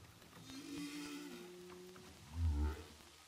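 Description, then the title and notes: Humpback whale moan: a long level tonal cry with clear harmonics, ending in a loud deep grunt, underwater hiss throughout. Humpback whales recorded underwater with a DPA hydrophone offshore of Saint-Paul, Réunion Island. "Whales sound by hydrophophone DPA saint paul, ile de la reunion. Baleines à bosse enregistrées à l'hydrophone DPA au large de saint Paul de la réunion"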